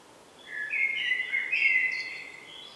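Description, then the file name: Common blackbird singing one warbled phrase of about two seconds, mellow whistles with a few high squeaky notes. "Turdus merula"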